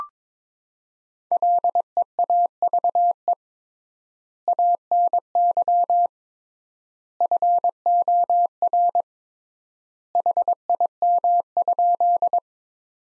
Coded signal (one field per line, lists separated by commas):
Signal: Morse code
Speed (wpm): 22 wpm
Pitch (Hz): 700 Hz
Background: none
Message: LEAVE ANY FOR HIM?